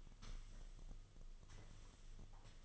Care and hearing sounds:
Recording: daily activity, microphone in the room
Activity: sweep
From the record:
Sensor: 4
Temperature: 26.3 degrees Celsius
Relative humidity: 32.1%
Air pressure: 1005.6 hPa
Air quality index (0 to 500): 110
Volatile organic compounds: 3 ppm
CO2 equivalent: 1367 ppm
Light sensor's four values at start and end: 13/29/11/11 and 13/29/11/11

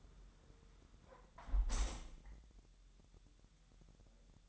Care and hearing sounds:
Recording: daily activity, microphone in the room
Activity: close window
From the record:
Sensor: 3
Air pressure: 999.8 hPa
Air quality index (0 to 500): 224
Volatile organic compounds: 91 ppm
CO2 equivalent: 3693 ppm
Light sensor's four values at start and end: 10/23/9/9 and 9/22/9/9

